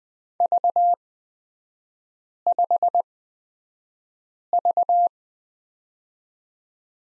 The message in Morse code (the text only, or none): V5V